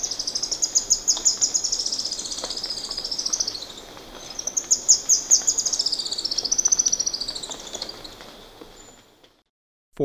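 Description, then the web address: Red-faced spinetail: two long, high, chattering trills, each several seconds, separated by a short gap. Ecuador. "Birds of Ecuador Red-faced Spinetail"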